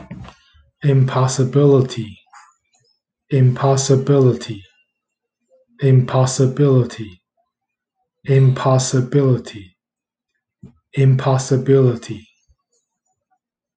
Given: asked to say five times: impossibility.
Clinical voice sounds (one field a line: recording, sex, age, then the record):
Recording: repeated word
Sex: male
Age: 30 to 39 years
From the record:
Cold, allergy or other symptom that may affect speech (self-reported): no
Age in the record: 34 years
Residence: Hawaii, United States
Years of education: 12